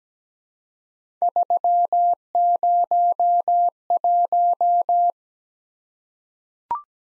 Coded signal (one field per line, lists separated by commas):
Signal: Morse code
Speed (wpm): 17 wpm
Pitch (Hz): 700 Hz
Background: none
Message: 301